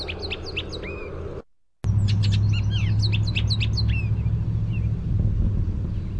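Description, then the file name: Bullock's Oriole song: quick whistled and chattering phrases in two bursts separated by a brief silence, then quieter notes, with constant low rumbling noise beneath. "BUOR song"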